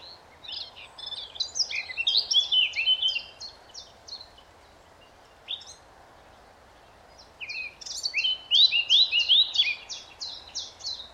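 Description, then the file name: Eurasian blackcap song: two bright warbled phrases of quick varied notes with clear slurred whistles, separated by a quiet gap of about three seconds. "Sylvia atricapilla"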